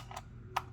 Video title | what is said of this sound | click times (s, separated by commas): A Look at the 1978-1980 Kenner Star Wars Diecast Line | and then the landing gear actually snaps in place like that | 0.6 s